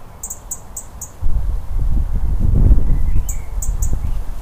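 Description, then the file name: European robin giving thin, high ticks in short quick runs at the start and end, while a louder low rumble sets in after the first run. "Erithacus rubecula - European Robin"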